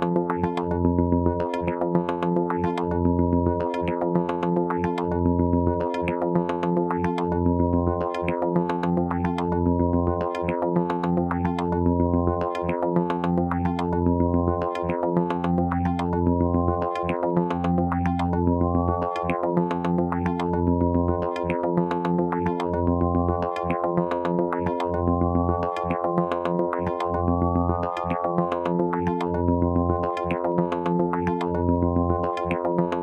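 A vactrol drone tone holds steady, built from a dense stack of sustained pitches with a heavy low hum. Rapid rhythmic ticks pulse through it evenly, while upper tones bend and glide in slow, repeating arcs, rising and falling across the whole half-minute.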